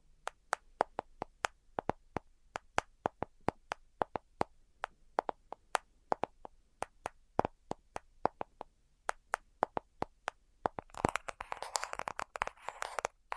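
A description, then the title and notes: Crisp tapping on a hollow surface, roughly two or three sharp taps per second with a slight woody ring and silence between them. Around eleven seconds the taps come faster and a soft scratchy rustle joins them through the end. ASMR 10 Levels of Tapping Tingle Immunity Treatment (No Talking).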